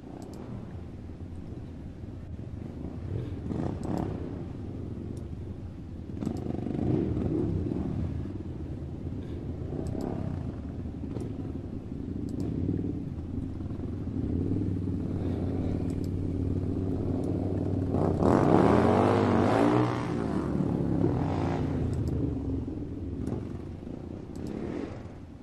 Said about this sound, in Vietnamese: Tiếng động cơ nổ lớn vang lên trong con ngõ nhỏ, khuấy động nguyên cả một góc. Hai chiếc xe phân khối lớn cũng đã sẵn sàng để bắt đầu thực hiện chuyến đi phượt lần này.